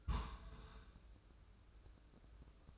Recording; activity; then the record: daily activity, microphone in the room; place on stove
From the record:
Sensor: 2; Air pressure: 995.3 hPa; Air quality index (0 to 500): 79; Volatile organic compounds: 3 ppm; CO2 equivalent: 1402 ppm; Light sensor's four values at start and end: 21/69/27/25 and 21/69/27/25